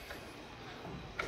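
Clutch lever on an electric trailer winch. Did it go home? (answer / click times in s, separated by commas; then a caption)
yes / 1.2 s. The clutch lever on an electric trailer winch is flipped from powered to manual free-spool release over a low, steady background. A single sharp click at 1.2 s marks the lever locking into the free-spool position, so the cable can be pulled out by hand.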